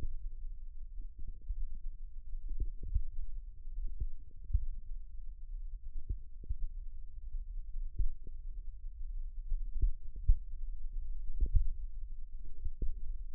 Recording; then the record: forearm muscle sounds (acoustic myography)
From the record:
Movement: finger pinch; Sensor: system 1, eight BSWA MPA416 microphones around the upper forearm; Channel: 6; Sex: female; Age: 21 years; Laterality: right